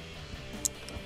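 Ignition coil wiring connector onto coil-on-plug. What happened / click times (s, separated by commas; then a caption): The coil connector clicked home / 0.7 s. The electrical plug is pushed onto the rear coil-on-plug unit of a Ford Performance ignition coil set on a 2012-2013 Mustang 5.0L Coyote. Its plastic latch snaps home with a sharp click at 0.7 s, followed by a fainter tick at 0.9 s, over a steady tonal background. The connector is seated, a good connection.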